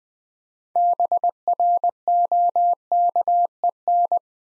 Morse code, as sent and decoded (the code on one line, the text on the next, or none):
-... .-. --- -.- . -.
BROKEN